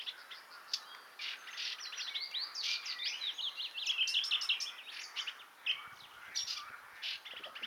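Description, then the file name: Eurasian blackcap delivering a busy, rattling warble of high chirps over a background hiss, with a few low thumps near the end. "Sylvia atricapilla"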